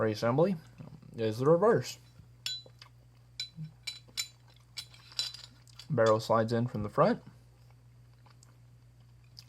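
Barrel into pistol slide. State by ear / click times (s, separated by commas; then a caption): seated / 9.4 s. During reassembly of a Tokarev-type pistol (TT33 Polish TT-C), the steel barrel is slid into the slide from the front while someone talks, with several metallic clinks and scrapes from handling in between. A sharp, short metallic hit at 9.4 s marks the barrel locking into place in the slide.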